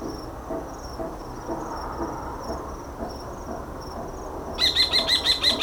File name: kabasolyom hangja